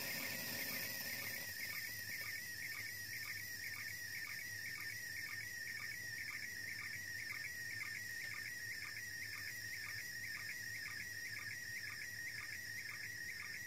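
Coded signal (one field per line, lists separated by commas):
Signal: SSTV (slow-scan television)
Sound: warbling, shifting tone around 2 kHz with steady rhythmic ticks under heavy hiss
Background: radio static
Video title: SSTV from ISS - International Space Station - 8th Dec 2017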